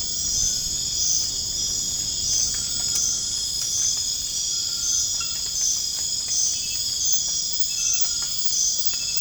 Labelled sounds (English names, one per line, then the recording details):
none
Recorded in dense forest near Puerto Asís, Putumayo, Colombia, on 27 June 2025 at 21:30
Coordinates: 0.481, -76.323
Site G072